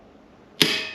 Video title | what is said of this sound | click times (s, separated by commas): Jeep Gladiator Maintenance: Tire Rotation | it clicks you can hear that click | 0.6 s